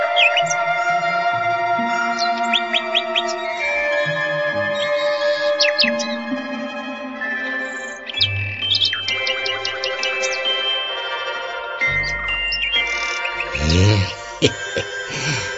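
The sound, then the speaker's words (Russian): A nightingale sings continuously in a forest, mixing rapid clicking trills with sustained high whistles and sweeping phrases, full and varied, with no voices present. “Защелкала и засвистала на множество ладов. Такие волшебные звуки разлились по лесу, что все птицы клювы пораскрывали, заслушались.”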